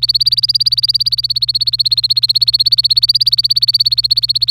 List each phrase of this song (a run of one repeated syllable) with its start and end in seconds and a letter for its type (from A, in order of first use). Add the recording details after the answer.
0.00-4.50 A. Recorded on 25 April 2018 at 16:37. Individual llb3